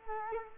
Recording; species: mosquito wingbeat signal from an infrared sensor; Culex quinquefasciatus